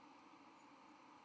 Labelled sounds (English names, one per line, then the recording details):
White-throated Sparrow flight call
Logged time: 07:25 on 31 October 2014